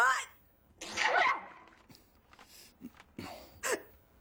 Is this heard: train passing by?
no